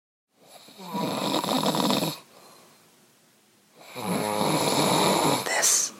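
An adult sleeper snoring at two o'clock in the morning: two long, loud snores with a quieter breath between them.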